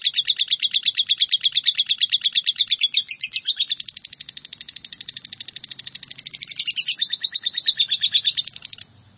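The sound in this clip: Bird song: a rapid, high, buzzy trill that fades in the middle, swells again, then stops abruptly near the end.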